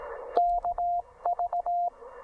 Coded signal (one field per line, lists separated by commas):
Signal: Morse code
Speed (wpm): 18 wpm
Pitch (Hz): 690 Hz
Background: radio noise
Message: KV